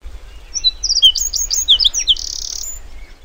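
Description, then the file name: Whinchat song, a quick jumble of high, scratchy and whistled notes, ending in a short buzzy trill; faint low rumble beneath. Recorded 9 June 2017. "whinchat 170609"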